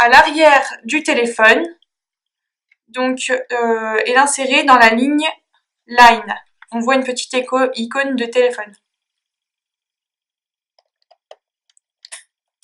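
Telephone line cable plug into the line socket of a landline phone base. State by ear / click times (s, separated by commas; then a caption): not seated / none. Someone talks while a plastic RJ11 phone line plug is brought to the LINE socket, marked with a small phone icon, on the back of a corded Doro 347 secure landline phone base. After the talk, a few faint, short handling ticks are heard near the end. Nothing has seated or clicked yet.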